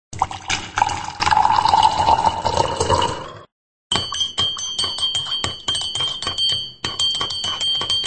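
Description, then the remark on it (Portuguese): Coffee pours steadily into a cup for about three seconds, its pitch rising as it fills, then after a brief pause a bright ringing with light clinks follows. It is served at the sound desk during the Clube do Caipirão radio show on Rádio Antena Web. “Põe um golinho pra nós”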